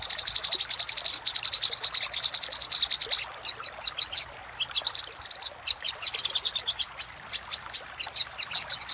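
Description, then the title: Little spiderhunter song, fast streams of high chirps and tight trills with short breaks, the pace shifting from phrase to phrase. Master song for training cage birds; labaik variant. "Masteran Burung Sogok Ontong Labaik"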